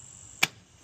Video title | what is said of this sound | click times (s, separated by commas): The Backyard Pellet Plinker You Didn't Know You Needed | Hear that snap? | 0.4 s